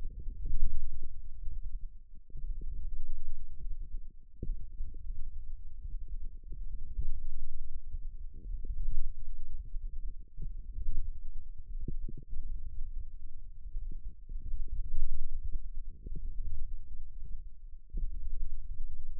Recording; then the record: forearm muscle sounds (acoustic myography)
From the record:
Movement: wrist extension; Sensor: system 1, eight BSWA MPA416 microphones around the upper forearm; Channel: 6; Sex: female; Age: 21 years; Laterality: right